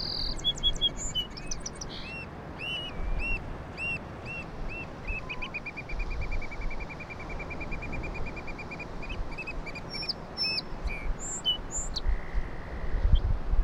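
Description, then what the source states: Song sparrow song opens and closes the stretch, crisp notes and trills, while a long run of evenly repeated mid-pitched notes from another bird fills the middle; surf throughout. On Low Island; song sounded different from local town sparrows; distant surf throughout; very light breeze with a little wind noise; handheld Sony PCM-M10.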